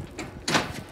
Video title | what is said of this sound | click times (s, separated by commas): Nobo kitchen area | there is a latch here which when you push the latch locks | 0.5 s